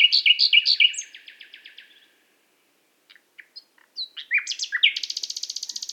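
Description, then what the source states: Nightingale song: a fast series of rich notes fading away, a pause with scattered clicks, then a rising flourish into a rapid trill. Qatar.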